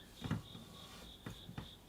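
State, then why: Not seated. An anti-theft brake pedal lock is positioned over a car's brake pedal, giving only faint, light contact sounds, with soft knocks around 0.3, 1.3 and 1.6 seconds over a steady high-pitched hum. Nothing has been twisted, clicked or locked into place yet.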